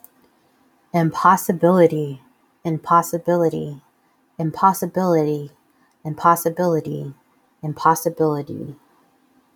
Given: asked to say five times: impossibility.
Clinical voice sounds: repeated word; female; 30 to 39 years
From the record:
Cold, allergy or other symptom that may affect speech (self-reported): no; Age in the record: 30 years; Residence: Minnesota, United States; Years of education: 15

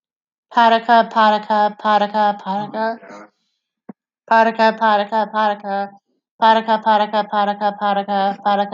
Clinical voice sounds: repeated syllables /pa ta ka/; female; 40 to 49 years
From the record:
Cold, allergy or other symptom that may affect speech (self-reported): no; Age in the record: 40 years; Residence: North Carolina, United States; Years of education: 14

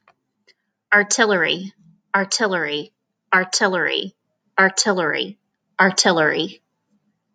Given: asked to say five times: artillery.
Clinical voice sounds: repeated word; female; 30 to 39 years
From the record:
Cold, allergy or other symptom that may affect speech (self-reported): no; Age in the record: 33 years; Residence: Virginia, United States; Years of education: 17

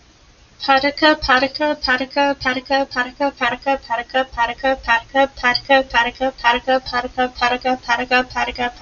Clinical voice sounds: repeated syllables /pa ta ka/; female; 20 to 29 years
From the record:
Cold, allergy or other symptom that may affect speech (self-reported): no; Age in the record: 23 years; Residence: Florida, United States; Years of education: 18

